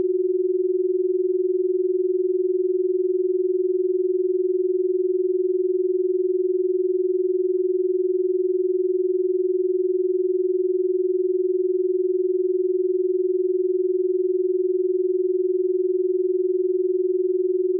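A steady pure binaural beat tone hums unchanging at a single low-mid pitch for the whole stretch, with faint, slow pulsing and nothing else.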